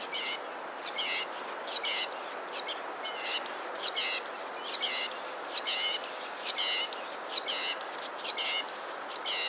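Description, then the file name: Great tit calling steadily, with high downslurred whistles run into harsh buzzy notes, the pattern repeating about once a second with a brief pause near the third second. "Parus major"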